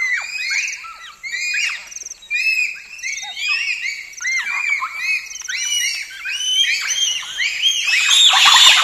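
Bonobos calling together: rapid, overlapping high-pitched squeaks and yelps in a busy chorus that grows louder toward the end.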